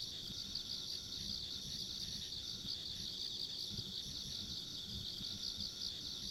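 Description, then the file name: Steady insect chorus, high and shimmering with fast pulses, over a constant low rumbling noise. Ambient insect sounds recorded along a country road. "田舎道の虫の環境音"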